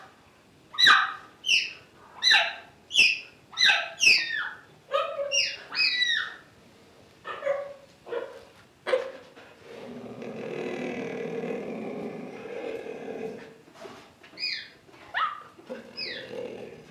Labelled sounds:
Cheetah (Acinonyx jubatus)
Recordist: Tembrock, Günter

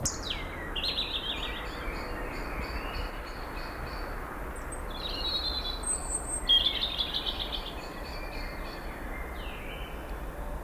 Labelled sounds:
European Robin (Erithacus rubecula) song
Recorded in the wild
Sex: male
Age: adult
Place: Mühlenbeck, Brandenburg, DE
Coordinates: 52.67, 13.38
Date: 1995-05-01 20:48
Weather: heiter 12°C
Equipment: Marantz CP 430, Sennheiser ME 80, Kopie Uher 4000 Report Monitor
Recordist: Tembrock, Günter

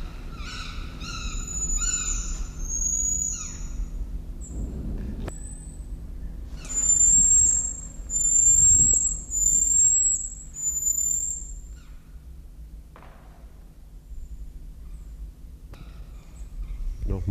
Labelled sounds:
Common Marmoset (Callithrix jacchus)
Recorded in captivity
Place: Zoo Berlin, Berlin, DE
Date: 1994-01-14 10:27
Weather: -1°C, heiter
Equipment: Marantz CP 430, Sennheiser ME 80, Kopie Uher Variocord 263
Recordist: Tembrock, Günter

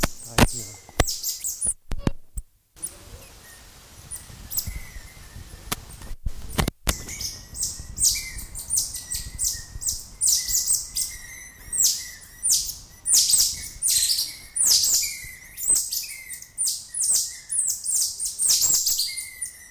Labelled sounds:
Cottontop Tamarin (Saguinus oedipus)
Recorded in captivity
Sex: group
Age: adult
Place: Zoo Köln, Nordrhein-Westfalen, DE
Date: 2000-10-01 16:00
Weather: bedeckt, z.T. Regen, 15°C
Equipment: Nagra SN, Kopie Uher 4000 Report Monitor
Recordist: Tembrock, Günter

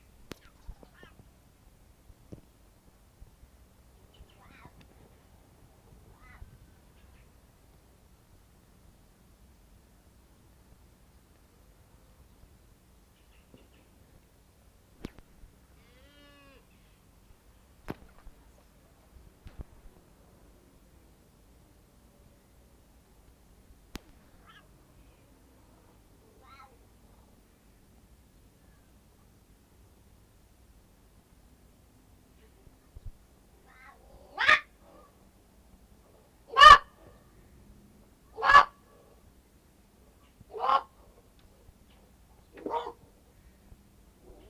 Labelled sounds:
Jungle Cat (Felis chaus) call
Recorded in captivity
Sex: male
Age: adult
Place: Tierpark Berlin, Berlin, DE
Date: 1968-01-27 10:00
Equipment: R 20/1, Sennheiser MD 421
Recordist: Tembrock, Günter

